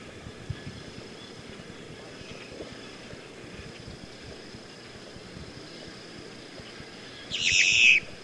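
Boat-tailed grackle call, a single grating, noisy burst just under a second long near the end, after several seconds of low steady background hiss.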